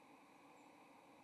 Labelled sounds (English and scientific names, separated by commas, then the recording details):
White-throated Sparrow (Zonotrichia albicollis) flight call
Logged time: 07:44 on 30 October 2014